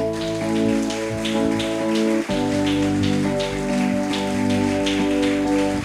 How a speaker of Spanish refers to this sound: Dar un aplauso al Rey de Reyes.